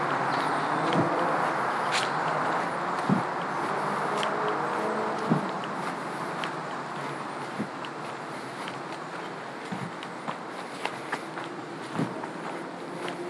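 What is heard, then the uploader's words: Boots crunch on gravel at a slow, uneven pace, each step a sharp scuff over a steady rushing hiss that slowly softens. Sounds of birds singing in the trees, the scuff of hiker’s boots, and crunching gravel underfoot.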